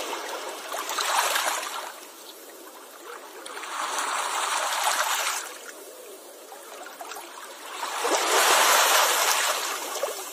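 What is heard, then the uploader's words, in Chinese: Ocean waves wash in three times, near 1, 4 and 9 seconds, each a bright hissing surge that swells and drains back between. 海浪声丨白噪音。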